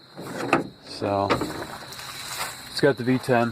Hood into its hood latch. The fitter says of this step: won't latch all the way down so